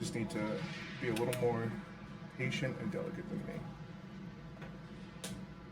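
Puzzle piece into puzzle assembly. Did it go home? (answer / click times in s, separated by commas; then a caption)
yes / 5.2 s. Someone talks while a puzzle piece is pushed home into the puzzle assembly. A sharp snap is heard at 5.3 seconds as the piece seats in place.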